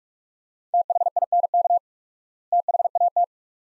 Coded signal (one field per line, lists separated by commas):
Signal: Morse code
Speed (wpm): 42 wpm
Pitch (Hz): 700 Hz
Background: none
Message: THINK THAT